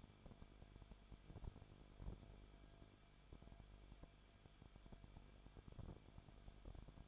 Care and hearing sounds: daily activity, microphone in the room; no activity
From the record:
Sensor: 5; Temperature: 20.3 degrees Celsius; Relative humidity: 39.8%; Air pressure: 1010.8 hPa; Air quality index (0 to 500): 166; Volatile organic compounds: 15 ppm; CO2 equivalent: 2510 ppm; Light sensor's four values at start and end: 2/3/1/1 and 2/3/1/1

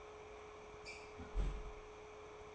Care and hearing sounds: daily activity, microphone in the room; close fridge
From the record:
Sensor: 1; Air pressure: 1004.6 hPa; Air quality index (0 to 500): 193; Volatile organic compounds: 16 ppm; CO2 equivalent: 2551 ppm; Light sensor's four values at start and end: 4/10/4/4 and 4/10/4/4

